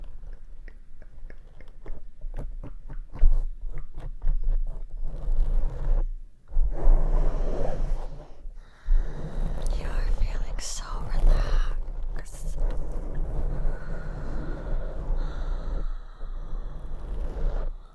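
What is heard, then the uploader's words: Deep scratching on a microphone, scalp-massage style, with dense crackling and crunchy rubbing over a low rumble. Quick regular ticks fill the first few seconds, then brief pauses near six and nine seconds before steady, textured scraping carries on to the end. ASMR DEEP MIC SCRATCHING Scalp Massage.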